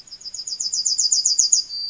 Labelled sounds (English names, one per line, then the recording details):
Yellowhammer song
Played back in forest
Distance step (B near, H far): C
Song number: 118